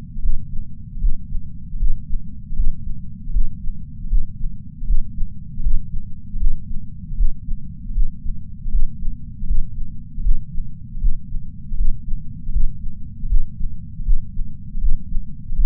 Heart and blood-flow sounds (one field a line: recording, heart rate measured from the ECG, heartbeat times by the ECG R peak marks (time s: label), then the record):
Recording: heart sounds by patch sensor on the chest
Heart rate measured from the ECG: 78 bpm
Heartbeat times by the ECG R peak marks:
0.18 s: heartbeat
0.96 s: heartbeat
1.75 s: heartbeat
2.52 s: heartbeat
3.29 s: heartbeat
4.05 s: heartbeat
4.82 s: heartbeat
5.59 s: heartbeat
6.35 s: heartbeat
7.13 s: heartbeat
7.90 s: heartbeat
8.67 s: heartbeat
9.43 s: heartbeat
10.19 s: heartbeat
10.96 s: heartbeat
11.73 s: heartbeat
12.48 s: heartbeat
13.25 s: heartbeat
14.01 s: heartbeat
14.76 s: heartbeat
15.51 s: heartbeat
From the record:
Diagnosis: coronary artery disease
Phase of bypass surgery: intraoperative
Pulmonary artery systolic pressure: 21 mmHg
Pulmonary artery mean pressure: 15 mmHg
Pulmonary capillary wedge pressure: 10 mmHg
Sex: male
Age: 65 years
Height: 170 cm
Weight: 65 kg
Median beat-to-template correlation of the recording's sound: 0.94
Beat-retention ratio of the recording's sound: 0.99